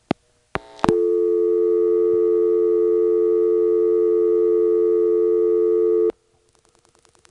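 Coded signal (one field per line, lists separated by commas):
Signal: telephone call progress tone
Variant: North America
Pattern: dial tone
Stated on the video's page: Sounds recorded from the Commerce, Georgia area exchanges: Commerce NX1 and Homer and Braselton XY switches.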